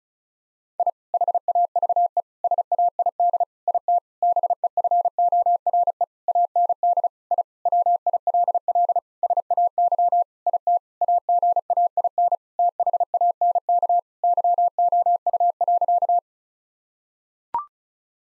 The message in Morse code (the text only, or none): I HAVE SAID IT BEFORE AND I WILL SAY IT AGAIN THANK YOU.